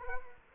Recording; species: mosquito wingbeat signal from an infrared sensor; Culex quinquefasciatus